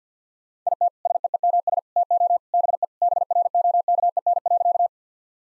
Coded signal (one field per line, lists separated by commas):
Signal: Morse code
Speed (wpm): 50 wpm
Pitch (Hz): 700 Hz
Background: none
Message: IT SEEMS TO BE BROKEN.